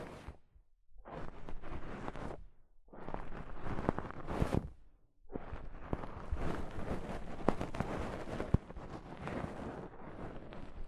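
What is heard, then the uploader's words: Soft fabric brushes over a microphone in rough, rustling strokes, with bursts from about 1 to 2.3 seconds and 3 to 4.8 seconds, then a long continuous stretch from about 5.3 seconds to the end. Brief near-silent gaps separate the early strokes, and occasional sharp ticks cut through. ASMR Mic Brushing using Soft Fabric (No Talking).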